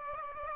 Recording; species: mosquito wingbeat signal from an infrared sensor; Aedes aegypti